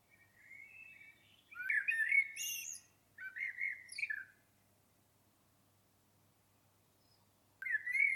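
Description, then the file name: Common blackbird song: a soft warble, then louder fluted phrases with high squeaky flourishes, a pause, and another phrase beginning. "Turdus merula"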